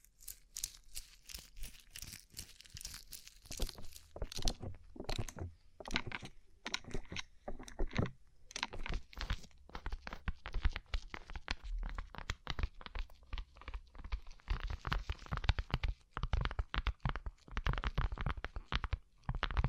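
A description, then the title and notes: Fingertips and nails tap on a rhinestone-covered surface in quick, irregular bursts of bright, crisp clicks with some scratchy rustling between them. The tapping is dense throughout, with a few short pauses, and a low thumping runs underneath. ASMR Rhinestone Covered Tapping 3Dio (No Talking).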